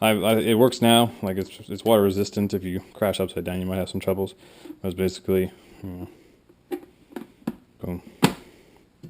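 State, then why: Seated. Someone talks while pressing the plastic hatch cover of an RC Aquaspider amphibious vehicle onto its hull, with a few quieter taps between 6.7 and 7.5 seconds. One sharp, loud snap at 8.2 seconds seats the hatch cover in place.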